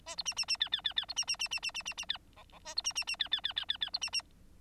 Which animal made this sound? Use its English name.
Bengalese Finch